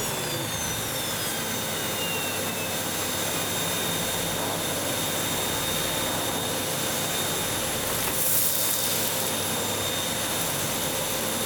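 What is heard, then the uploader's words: A vacuum cleaner runs steadily throughout, a dense, even roar with a high whine and a steady tone riding on top. The sound stays unchanging, with a brief brighter hiss of air around the eight-second mark. Vacuuming the Living Room.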